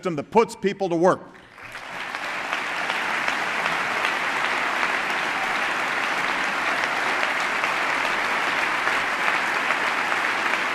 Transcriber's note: applause